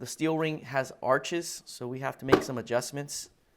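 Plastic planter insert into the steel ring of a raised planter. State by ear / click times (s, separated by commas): not seated / none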